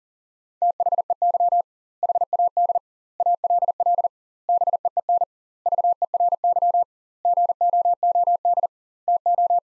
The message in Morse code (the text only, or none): THEY HAD ALL BEEN VERY GOOD TO